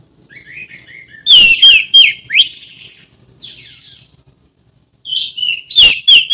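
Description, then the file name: Orange-headed thrush song: clear whistles sliding down, then loud scratchy chirps, a rich warbled phrase and more sharp notes, over a faint low hum. Ngeplong song style. "anis merah ngeplong"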